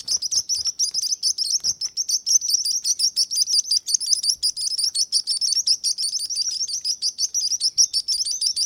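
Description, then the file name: Sparrow chirping busily, high twittering notes packed closely together, with a few faint low taps at the start. "Sparrow singing sound"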